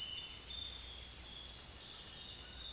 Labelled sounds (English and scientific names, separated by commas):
none